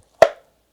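A new paper oil filter element is pushed onto the plastic oil filter housing cap of an Alfa Romeo 159 2.0 JTDm after it was not fully seated. A single sharp, loud click at 0.2 s has a brief ringing tail and is surrounded by silence. The element is now seated tight in the cap.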